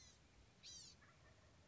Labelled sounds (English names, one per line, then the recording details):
Blue-gray Gnatcatcher
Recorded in Sonoma County, California